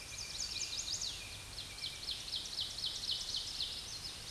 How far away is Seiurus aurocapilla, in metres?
about 30 m